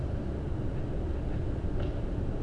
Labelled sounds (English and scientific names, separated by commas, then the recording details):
none
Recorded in Germany
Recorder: ecoPi